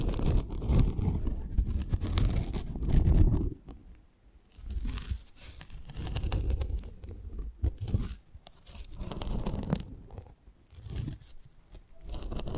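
ASMR close-up mic treatment: rough scratching and crinkling rubs against the microphone, heavy and dense for the first three seconds. After that the handling comes in softer swells and bursts, with brief quiet gaps near four, eight and eleven seconds, and crackly tearing textures throughout.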